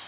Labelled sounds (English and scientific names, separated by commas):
Nashville Warbler (Leiothlypis ruficapilla) flight call